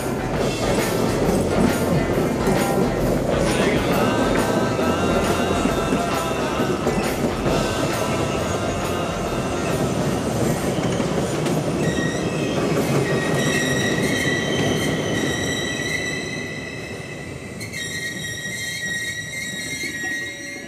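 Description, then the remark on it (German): An S-Bahn commuter train rolls steadily along the rails with a constant low rumble and rattling wheel noise, then high metallic squeals and tonal whines rise toward the end as it slows. “Wannsee gefahren mit der S-Bahn oder mal mit der U-Bahn da und da.”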